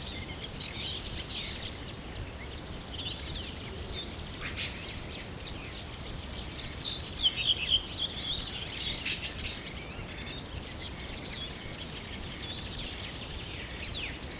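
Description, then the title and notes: Birds: dense mix of faint high chirps and twitters from many birds, growing a little busier midway, over constant background hiss. Birds at sunrise, early morning. "am. Birds. Birds at sunrise"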